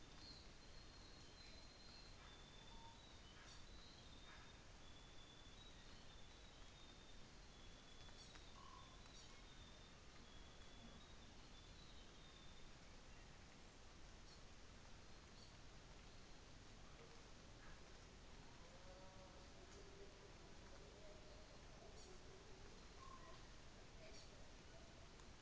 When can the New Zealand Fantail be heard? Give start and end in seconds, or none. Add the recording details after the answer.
3.22-3.82, 8.02-8.41, 8.92-9.46, 13.99-14.44, 15.09-15.57, 21.71-22.24, 23.90-24.42. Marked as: faintness 4/5, faintness 5/5. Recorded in New Zealand on 24 December 2018. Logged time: 11:00